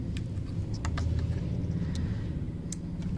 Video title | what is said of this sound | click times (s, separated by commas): Can Am Ryker rear break lights installation and unboxing | Locks into place. | 2.7 s